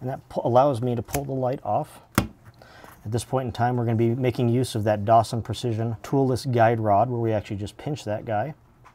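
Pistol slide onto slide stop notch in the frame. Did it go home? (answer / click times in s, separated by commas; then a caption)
no / none. A man talks while handling a custom 1911 pistol, pulling a light off and pinching a Dawson Precision toolless guide rod, with a sharp metallic snap near 2.2 s and a softer handling noise after it. The slide has not yet been released to lock onto the slide stop notch in the frame, so nothing has seated or clicked yet.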